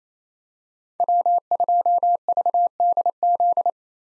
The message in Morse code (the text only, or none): W2VDZ